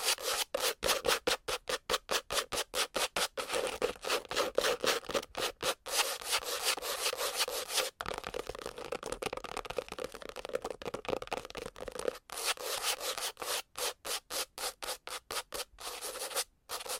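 Scratching and rubbing strokes repeat in quick, regular bursts, each a bright, rough swipe separated by brief silences. Around the middle the strokes blur into a steadier continuous rub for a few seconds, then the rapid stop-start rhythm returns toward the end.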